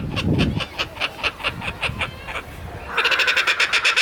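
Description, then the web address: Kookaburra laughing, a run of harsh, evenly spaced hoots that speeds up into a louder, rapid cackle near the end. "cockabarra riendo"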